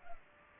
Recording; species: mosquito wingbeat signal from an infrared sensor; Culex pipiens